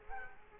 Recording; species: mosquito wingbeat signal from an infrared sensor; Culex quinquefasciatus